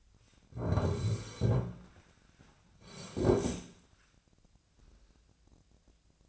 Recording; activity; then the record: daily activity, microphone in the room; sit down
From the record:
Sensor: 2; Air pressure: 1009.1 hPa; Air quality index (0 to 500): 177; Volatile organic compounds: 2 ppm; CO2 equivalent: 1289 ppm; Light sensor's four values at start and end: 34/88/38/40 and 29/78/33/35